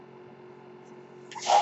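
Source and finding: Home mechanical ventilator. Mechanical ventilator sounds.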